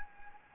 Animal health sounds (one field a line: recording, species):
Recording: mosquito wingbeat signal from an infrared sensor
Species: Anopheles gambiae